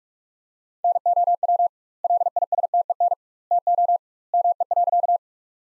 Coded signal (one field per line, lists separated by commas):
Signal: Morse code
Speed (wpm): 41 wpm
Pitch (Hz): 700 Hz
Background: none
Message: NOW LISTEN TO ME.